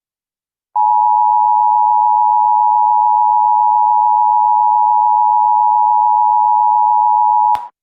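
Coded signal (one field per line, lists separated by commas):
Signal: Emergency Alert System (SAME) tones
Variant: 853 and 960 Hz attention tone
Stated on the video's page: Fictional EAS mock with valid SAME header tones, deliberately low quality for realism.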